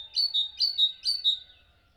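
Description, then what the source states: Bird chirps: three loud, bright two-note chirps in quick succession, each falling slightly in pitch, then quiet. Birds chirping at dawn.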